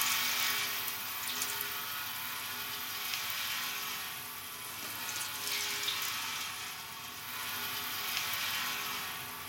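A soft, continuous sizzling hiss of a dog's flesh burning in a fire in a village, swelling and easing slowly over several seconds, with a faint low hum underneath and no voices.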